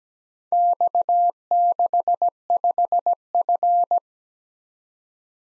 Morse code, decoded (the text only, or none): X65F